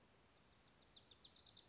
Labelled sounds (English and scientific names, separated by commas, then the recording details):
Wilson's Warbler (Cardellina pusilla)
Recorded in Sonoma County, California